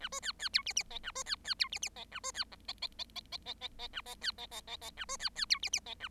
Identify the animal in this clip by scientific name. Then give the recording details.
Lonchura striata domestica. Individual Bird7